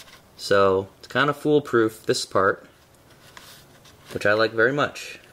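Someone talks while plugging the speaker wire harness connector, one wire thin and one much thicker, into the terminal of a new door speaker being installed in a 1998 Lexus ES300. A couple of faint, brief handling ticks come between the speech around 3.0 and 3.4 seconds. Nothing has seated or clicked yet.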